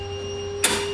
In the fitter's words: gonna put that right on top we're gonna push it in and turn it until it locks in place now